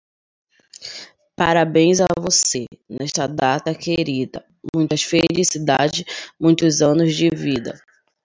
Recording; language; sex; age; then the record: short text; Brazilian Portuguese; female; 20 to 29 years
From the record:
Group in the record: control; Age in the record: 28 years